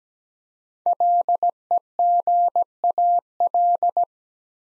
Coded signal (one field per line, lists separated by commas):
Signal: Morse code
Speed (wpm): 17 wpm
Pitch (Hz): 700 Hz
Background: none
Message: LEGAL